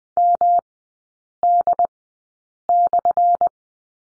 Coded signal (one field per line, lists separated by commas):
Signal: Morse code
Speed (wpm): 20 wpm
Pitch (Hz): 700 Hz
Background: none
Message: MD/